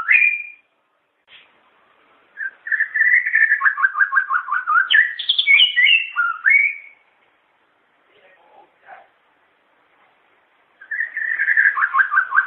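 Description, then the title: Long-tailed shrike song: long runs of quick warbled and chattering notes rising to higher whistles, with a quiet stretch of a few faint calls before singing resumes. "Kicau Burung Pentet"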